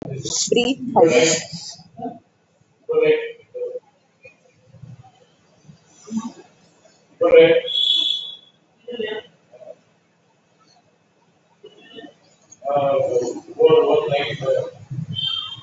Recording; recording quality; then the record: shallow breathing; moderate, slight background noise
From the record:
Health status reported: COVID-19 positive, mild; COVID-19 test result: positive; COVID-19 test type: RT-PCR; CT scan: taken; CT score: 4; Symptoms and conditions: cough, breathing difficulty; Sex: male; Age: 18 years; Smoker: no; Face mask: not worn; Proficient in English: yes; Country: India